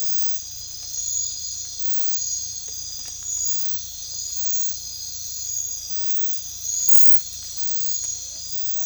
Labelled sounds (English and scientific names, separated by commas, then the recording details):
Tropical Screech-Owl (Megascops choliba)
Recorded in secondary vegetation near Puerto Asís, Putumayo, Colombia, on 16 December 2024 at 03:30
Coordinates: 0.499, -76.323
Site G010